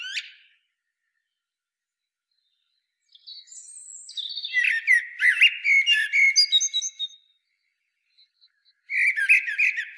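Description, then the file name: Common blackbird song: a long phrase of mellow fluted whistles mixed with high twitters, then a new loud phrase starting near the end. "Turdus merula"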